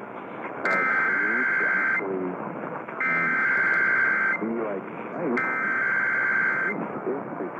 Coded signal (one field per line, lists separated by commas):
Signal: Emergency Alert System (SAME) tones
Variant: header bursts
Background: speech